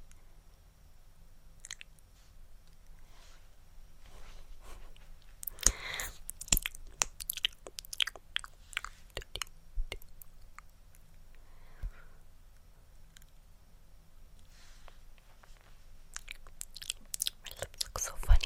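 Mouth sounds: sticky lip smacks, clicks and wet pops, scattered irregularly, with a dense cluster around five to seven seconds and another busy stretch near the end. Between them are quieter gaps over a low, steady hum.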